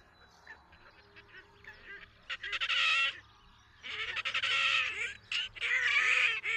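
Red-necked grebe uttering rasping, squawking calls in several longer bursts after a quieter start, with wavering nasal tones.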